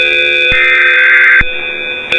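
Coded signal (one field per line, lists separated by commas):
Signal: Emergency Alert System (SAME) tones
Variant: header bursts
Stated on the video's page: Fictional EAS scenario, not a real alert.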